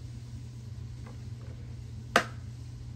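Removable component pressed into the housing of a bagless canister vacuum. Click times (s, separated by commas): 2.2 s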